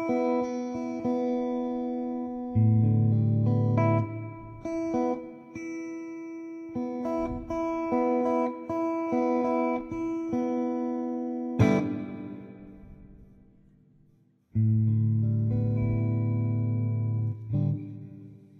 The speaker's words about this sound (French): C'est pas mal comme ampli Fender, hein. Ça ressemble. Bon, on enlève le vibrato. Que la reverb.